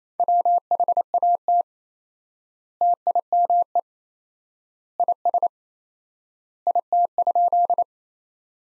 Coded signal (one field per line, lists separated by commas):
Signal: Morse code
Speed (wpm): 28 wpm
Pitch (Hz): 700 Hz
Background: none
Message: WHAT TIME IS IT?